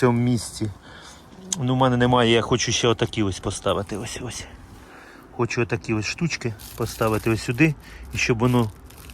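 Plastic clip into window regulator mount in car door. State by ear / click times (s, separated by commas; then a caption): not seated / none. Someone talks while fitting a new window regulator into the door of a 2.7 Jeep, pushing a makeshift plastic clip into the regulator mount because the original clips were missing and could not be found. A few faint, short taps sound near the very end as the clip is handled, but nothing has seated or clicked yet.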